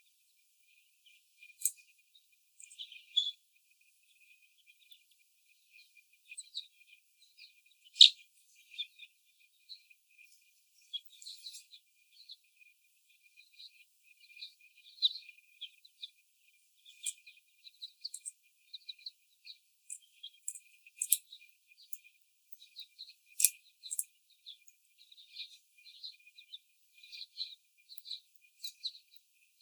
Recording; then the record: young laying hens in a cage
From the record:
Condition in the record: before the stressor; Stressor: sudden umbrella opening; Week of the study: 1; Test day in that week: 1